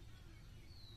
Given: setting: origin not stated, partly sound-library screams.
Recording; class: one-second piece from a danger detection set; normal situation